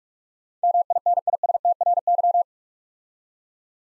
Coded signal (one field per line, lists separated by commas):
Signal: Morse code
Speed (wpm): 44 wpm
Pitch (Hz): 700 Hz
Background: none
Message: MINISTRY